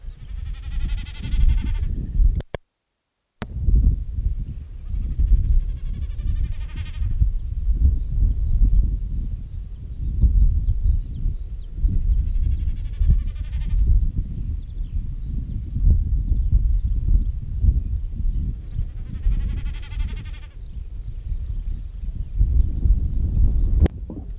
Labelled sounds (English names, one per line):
Common Snipe